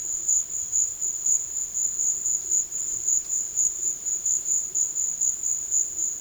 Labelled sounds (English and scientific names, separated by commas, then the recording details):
none
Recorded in secondary vegetation near Puerto Asís, Putumayo, Colombia, on 13 March 2025 at 13:30
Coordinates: 0.488, -76.319
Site G095